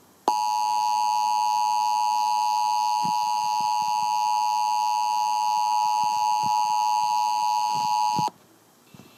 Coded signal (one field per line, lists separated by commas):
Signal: Emergency Alert System (SAME) tones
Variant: 853 and 960 Hz attention tone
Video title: WBZ EAS Monthly Test 7/4/17